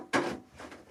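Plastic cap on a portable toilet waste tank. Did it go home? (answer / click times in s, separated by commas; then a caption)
no / none. A thin-gasketed plastic cap on the waste tank of a Camco portable travel toilet is being handled. A sudden broad knock at about 0.1 s fades out by about 0.4 s, followed by a fainter rustling scrape around 0.6 to 0.8 s. Nothing has seated or locked in place yet.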